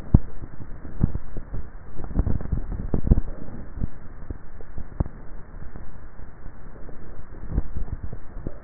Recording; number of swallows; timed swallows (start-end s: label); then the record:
swallowing sounds by neck microphone; 2
1.92-3.12 s: swallow
7.48-8.52 s: swallow
From the record:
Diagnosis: dysphagia